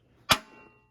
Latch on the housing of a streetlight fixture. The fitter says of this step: telling you that everything is latched nice and tightly